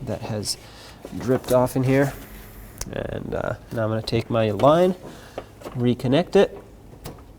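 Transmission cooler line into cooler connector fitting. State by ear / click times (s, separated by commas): seated / 7.1 s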